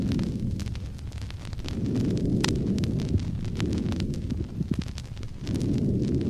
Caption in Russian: Бронхиальное дыхание может быть различной интенсивности и тембра. Бронхиальное дыхание, выслушиваемое над инфильтративно измененным легким.